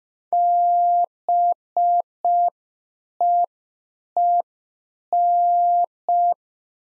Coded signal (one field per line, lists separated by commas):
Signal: Morse code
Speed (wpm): 5 wpm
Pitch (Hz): 700 Hz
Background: none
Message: BEEN